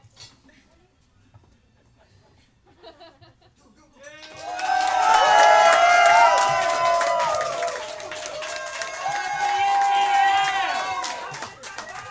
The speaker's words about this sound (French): OK, je vous propose de faire une genre de prise 2. OK, je vais revenir. Là, vous allez m'applaudir comme si c'était comme le juste pour rire.